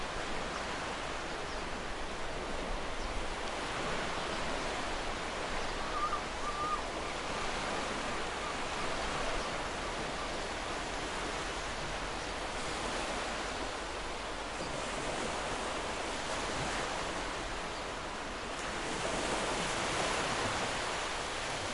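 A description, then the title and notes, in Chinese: Ocean waves wash and flow in a continuous, dense rush of hiss with no breaks. The sound swells gently and recedes every few seconds, brighter surges around 4, 13 and 21 seconds, while a faint low rumble runs underneath throughout. 海浪流動的聲音。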